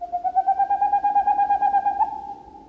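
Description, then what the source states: Boreal owl song: a rapid, even series of low hollow hoots run together into a steady trill lasting over two seconds, slightly rising toward the end. Sung on moonless spring nights across Alaska, Canada, Scandinavia and Siberia.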